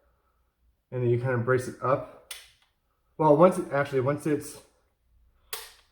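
A plastic slide is pushed all the way forward into the body of a toy blaster while someone talks. A short, sharp click at 5.5 s marks the slide seating in position.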